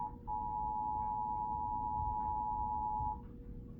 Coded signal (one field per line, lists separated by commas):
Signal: Emergency Alert System (SAME) tones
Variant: 853 and 960 Hz attention tone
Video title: eas flood warning Eas #190